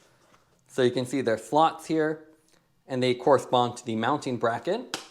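A plastic QuickClick tab on a semi-rigid Topeak SideKick Wedge Pack saddlebag is handled near its saddle-rail mounting bracket under the bike saddle while someone talks. A faint tap comes at about 0.6 s. The tab has not seated or clicked into the bracket yet.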